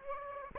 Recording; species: mosquito wingbeat signal from an infrared sensor; Aedes aegypti